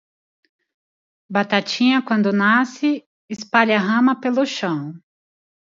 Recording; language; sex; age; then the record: short text; Brazilian Portuguese; female; 40 to 49 years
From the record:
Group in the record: control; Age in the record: 40 years